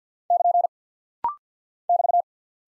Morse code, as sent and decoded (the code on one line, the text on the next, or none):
-.--. / -...-
<KN> <BT>